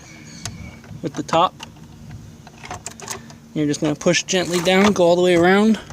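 A plastic Polylock septic riser adapter is pushed gently down onto a septic tank opening and worked all the way around the rim, with brief light knocks and handling taps between 0.4 and 3.3 seconds while someone talks. Nothing has seated or clicked into place yet.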